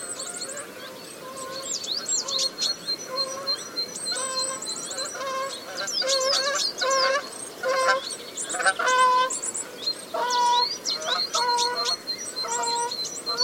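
A coastal dune soundscape full of birds, with nasal, goose-like honks and cackles overlapping almost without pause. Thin high chirps and trills run steadily above them, while the calls come in dense bursts that grow louder and busier after the first few seconds.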